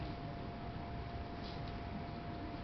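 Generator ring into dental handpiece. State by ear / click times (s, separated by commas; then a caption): not seated / none. The black generator ring of an AirLight generator is lined up with a dental handpiece, its hole aligned with the hole in the handpiece and with the three screw holes before being pressed home. Only steady broadband noise with a faint constant hum near 700 Hz is heard, with no distinct impacts. Nothing has seated or clicked yet.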